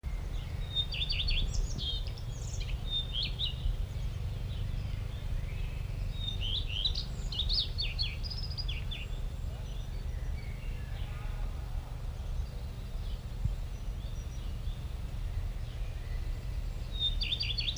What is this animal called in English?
Common Redstart